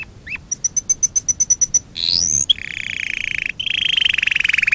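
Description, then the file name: Canary song opening with a quick upslur and a run of sharp repeated chips, then a rising sweep and long, lower, rolling trills. Fife canary breed. "kenari-fife-v 2-omkicau"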